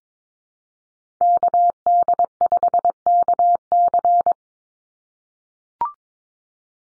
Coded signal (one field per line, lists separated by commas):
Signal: Morse code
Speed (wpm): 22 wpm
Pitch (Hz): 700 Hz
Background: none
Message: KD5KC